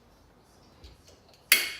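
While reassembling a re-shimmed drive belt clutch on a Kawasaki Prairie 360 ATV, a snap-in part is pushed down until it snaps into place. After a quiet stretch with a few faint ticks, one sharp, loud click rings out at 1.5 s and decays over the remaining moment. The part is confirmed seated and back in place.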